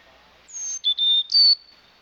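Chickadee giving clear whistled notes: a high steady tone sliding slightly down, then two lower level tones, then a slightly higher one, all pure and thin.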